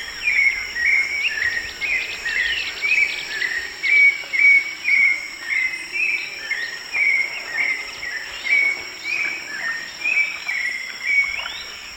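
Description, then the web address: Hauxwell's thrush singing a long series of brief, varied, rising and falling phrases, with a steady shrill insect hum behind. Recorded in the eastern lowlands of South America. "Natures Songs S America Eastern Lowlands. Hauxwell's Thrush"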